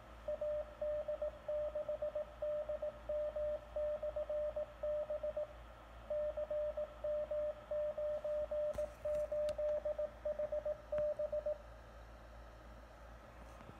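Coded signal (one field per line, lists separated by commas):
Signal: Morse code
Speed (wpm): 17 wpm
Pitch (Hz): 600 Hz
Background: radio noise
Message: AD6DM/B CM98HB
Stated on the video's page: CW beacon generated by an Arduino on an Adafruit Trinket M0, keying an HF transceiver through its keyer port; for foxhunting and propagation testing.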